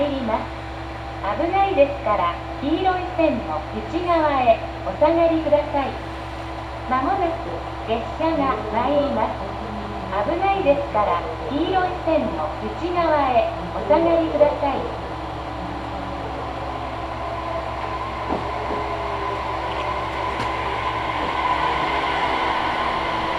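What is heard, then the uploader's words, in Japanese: A ride on the Sasebo Line from Arita toward Kitagata: a woman's voice gives an announcement for the first fifteen seconds over a steady low drone. After she stops, a rising hiss of running noise builds and holds to the end. 音の旅 佐世保線 有田→北方。普通列車鳥栖行きに乗車します。８１７系の２両編成で、日中駅員がいる駅は全てのドアが開きます。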